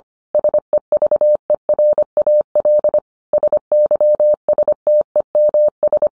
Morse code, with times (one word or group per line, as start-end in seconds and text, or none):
0.3-3.0 SEVERAL
3.3-6.1 SYSTEMS